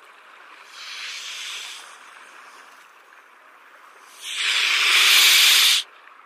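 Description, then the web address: Mute swan hisses, a soft breathy hiss first, then a louder, longer forceful hiss about three seconds later. "Schulze Peter Mute Swan"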